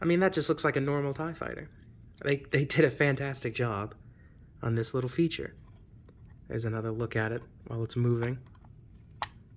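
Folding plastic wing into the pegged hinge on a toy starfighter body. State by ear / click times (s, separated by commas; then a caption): seated / 9.2 s. Someone talks while the folding wing of a small plastic toy TIE fighter is swung on its hidden side pegs into the pegged hinge on the toy starfighter body. The wing pops into place with a sharp snap at 9.2 s, seating it in the open position.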